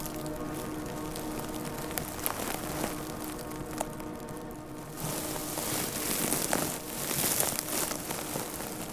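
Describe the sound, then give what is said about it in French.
Completely dry, parched fescue grass crunches and crackles steadily at Estany de Font Viva, Lanoux, a dense brittle rustle with scattered sharper snaps. It grows louder and fuller about halfway through, and no one speaks. “Ce bruit croustillant du gispette complètement sec et desséché.”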